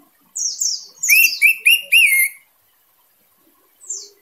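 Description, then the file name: Orange-headed thrush song: a pair of descending high whistles, then four quick whistled notes in a row, followed by silence and one last falling note. Singing intensely. "suara anis merah teler gacor dor"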